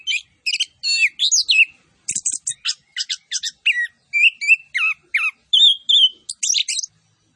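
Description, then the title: Orange-headed thrush song, dense rapid phrases of rising and falling whistles and buzzy high chips, nearly continuous throughout. Vigorous (gacor) singing with full fill-in phrases and 'tembakan cililin' style shots. "Anis Kembang Gacor. MASTERAN ANIS KEMBANG ISIAN FULL DENGAN TEMBAKAN CILILIN"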